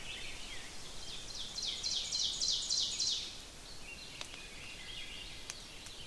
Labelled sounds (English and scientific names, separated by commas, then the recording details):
Ovenbird (Seiurus aurocapilla) song
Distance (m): 50 m
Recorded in boreal forest in Alberta, Canada, on 5 June 2016 at 05:39
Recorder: SongMeter 3, array SBT-3-51
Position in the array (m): 271 m, 118 m
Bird 28